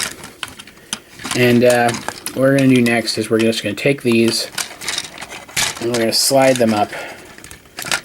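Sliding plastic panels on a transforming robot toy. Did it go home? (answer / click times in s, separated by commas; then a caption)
no / none. Someone talks while handling the plastic parts of a Combiner Wars Leader Ultra Magnus transforming robot toy, getting ready to slide its panels up as far as they will go. Sharp little plastic taps and knocks sound between the words. Nothing has clicked into place yet.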